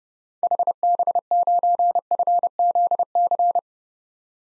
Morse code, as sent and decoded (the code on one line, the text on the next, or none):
.... -... ----. ..-. --.. -.-.
HB9FZC